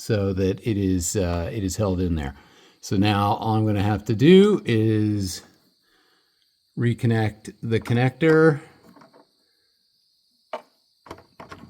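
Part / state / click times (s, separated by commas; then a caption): wiring harness connector into car taillight assembly / seated / 10.5 s. The plastic wiring-harness connector is pushed onto the socket of a new taillight assembly on a 2021 Chevrolet Bolt EV, and it clicks into place at 10.5 s, before the red lock tab (connector position assurance) is pushed up. Someone talks through most of the clip. A few softer, brief handling sounds follow the click near the end.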